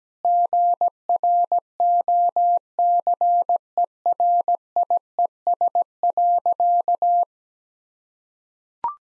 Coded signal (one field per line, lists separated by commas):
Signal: Morse code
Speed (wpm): 17 wpm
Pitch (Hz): 700 Hz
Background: none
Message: GROCERIES.